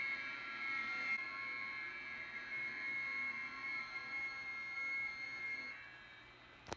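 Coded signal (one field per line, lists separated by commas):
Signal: FT8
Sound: many faint steady warbling tones layered together over radio hiss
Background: radio static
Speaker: There we go. We got an acceptable signal now, or in and around, and we can see that the stations are coming in.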